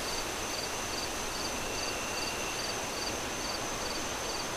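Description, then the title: Cricket chirps, faint evenly spaced high pulses about twice a second, nearly buried under loud continuous wind hiss. Crickets chirping at night, moon rising, wind howling through trees in gusts. "Crickets Sounds On A Windy Night"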